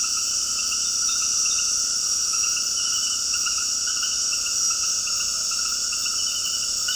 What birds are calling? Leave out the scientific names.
none